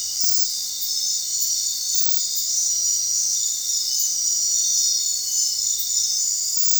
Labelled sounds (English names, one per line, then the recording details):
none
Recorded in secondary vegetation near Puerto Asís, Putumayo, Colombia, on 29 June 2025 at 21:00
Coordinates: 0.499, -76.323
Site G077